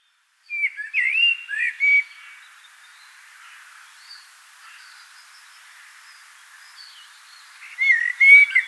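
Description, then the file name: Common blackbird singing: a short fluty warble near the start, then a long quiet gap, and another whistled phrase near the end. "Turdus merula"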